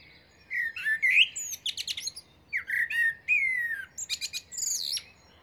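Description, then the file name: Common blackbird delivering flowing, melodious whistled notes mixed with high squeaky twitters and sliding tones, one continuous varied phrase. "Turdus merula"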